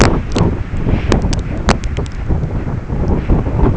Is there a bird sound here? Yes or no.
no